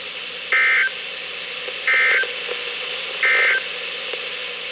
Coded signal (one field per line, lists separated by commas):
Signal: Emergency Alert System (SAME) tones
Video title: EAS #1104-#1120: IT BEGINS | KHB36, WXM42, WNG736, & KEC83